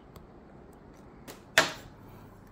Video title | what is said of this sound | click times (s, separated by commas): HP Probook 640 G2 LCD Screen Replacement | I don't know if you heard the little clicking sound there a little | 1.6 s